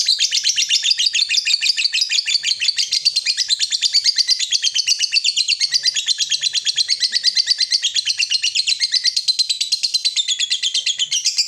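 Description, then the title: Yellow-vented bulbul calls in a fast, unbroken chatter of sharp high notes, pulsing evenly for the whole stretch. Bird lure recording. "PIKAT TRUCUKAN"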